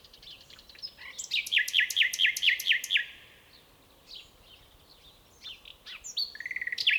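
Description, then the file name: Common nightingale song: a fast run of about eight repeated descending notes, a pause, then further chirps and a rapid rattling run. "Luscinia megarhynchos"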